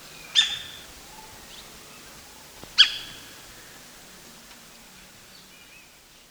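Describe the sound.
Streak-throated woodpecker giving two sharp, high single notes about two and a half seconds apart, with a quiet background otherwise.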